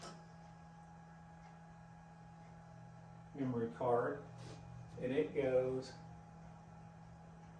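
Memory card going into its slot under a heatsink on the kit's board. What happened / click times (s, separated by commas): A small card is being positioned, not yet clicked in / none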